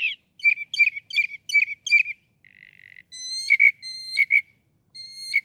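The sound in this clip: Northern mockingbird song, a varied run of phrases: a set of repeated chirpy notes, a short buzzy burst, then whistled notes with harmonics repeated three times.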